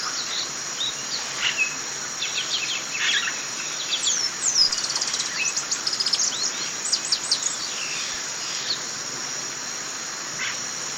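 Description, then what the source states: Shiny cowbird song: scattered high, sharp chirps and quick sweeping notes, busiest around the middle. Recorded in the eastern lowlands of South America.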